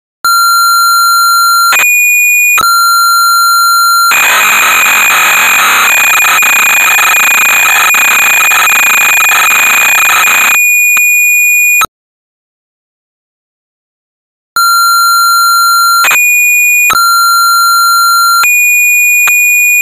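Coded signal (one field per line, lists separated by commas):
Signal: computer data on cassette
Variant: Amstrad CPC 464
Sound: steady high pilot tones, then harsh buzzing data screech, silence, more short tones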